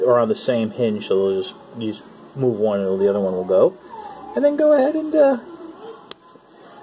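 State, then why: Seated. A plastic tail piece on a toy action figure is swung around into the figure's body joint while someone talks. It snaps into its locked position at an angle with a sharp click at 6.1 seconds, and the tail is seated in place.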